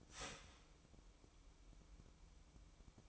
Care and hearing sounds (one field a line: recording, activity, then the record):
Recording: daily activity, microphone in the room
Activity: start toaster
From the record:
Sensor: 1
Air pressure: 1007.1 hPa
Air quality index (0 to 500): 71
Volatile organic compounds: 1 ppm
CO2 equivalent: 648 ppm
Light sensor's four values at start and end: 9/22/9/10 and 9/22/9/10